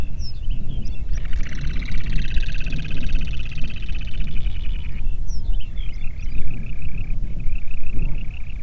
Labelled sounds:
bird, wind
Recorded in the Prudhoe Bay oil fields, Alaska, on 8 June 2019 at 05:18
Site 30

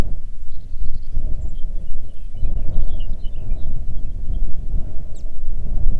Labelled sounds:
songbird, wind
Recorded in the Arctic National Wildlife Refuge, Alaska, on 3 June 2019 at 05:32
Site 37

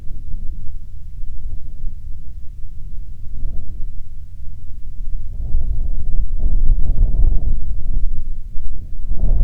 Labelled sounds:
songbird, wind
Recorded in the Prudhoe Bay oil fields, Alaska, on 29 June 2019 at 01:04
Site 22

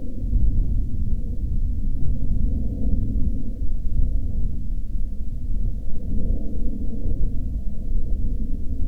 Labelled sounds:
aircraft
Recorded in the Prudhoe Bay oil fields, Alaska, on 8 August 2019 at 18:13
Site 13

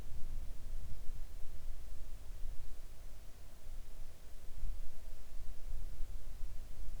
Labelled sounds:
near silence
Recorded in the Arctic National Wildlife Refuge, Alaska, on 3 August 2019 at 05:07
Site 41

